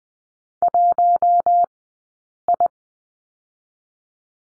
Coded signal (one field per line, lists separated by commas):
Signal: Morse code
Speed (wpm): 20 wpm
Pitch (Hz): 700 Hz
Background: none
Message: 1 I